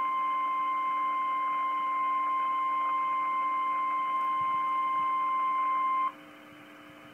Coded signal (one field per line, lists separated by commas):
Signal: Emergency Alert System (SAME) tones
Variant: 1050 Hz attention tone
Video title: REAL EAS 386-Tornado drill (Livestream)